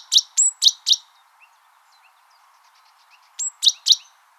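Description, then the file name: Great tit calls: four sharp chirps with a thin whistle, a quiet pause with faint soft notes, then three more chirps. "Parus major"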